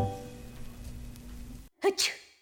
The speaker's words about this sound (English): Achoo. I sneezed a sneeze into the air. It fell back down, I don't know where.